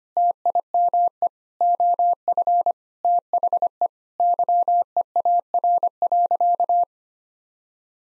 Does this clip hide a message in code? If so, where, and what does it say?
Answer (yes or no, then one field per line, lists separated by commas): yes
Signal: Morse code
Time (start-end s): 0.2-6.8 s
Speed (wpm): 25 wpm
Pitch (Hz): 700 Hz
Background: none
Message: TIME OF THE YEAR.